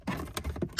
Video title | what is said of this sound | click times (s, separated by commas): Hyundai Santa Fe Cabin Filter DIY - No Tools, Big Savings | door back on, slide it into the slot, press it in till it clicks. | 0.8 s